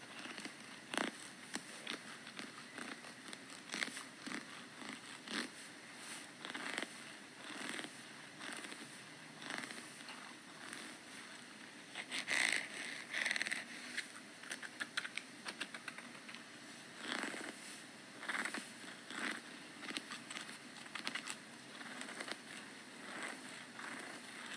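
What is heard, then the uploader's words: Scratching runs through the whole recording as a dense string of short, dry, rasping strokes over a steady soft hiss. The strokes come quickly and irregularly, with louder bursts of scraping around 12 to 13 seconds and again near 17 seconds. Asmr - scratching. Usei um pente púrpura para fazer esse asmr. O som me lembra o ronronar de um gatinho.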